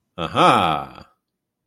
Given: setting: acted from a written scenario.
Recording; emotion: vocal sound without words; pride